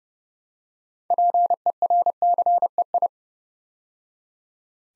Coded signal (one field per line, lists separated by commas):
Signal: Morse code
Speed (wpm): 30 wpm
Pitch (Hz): 700 Hz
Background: none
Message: PERCEI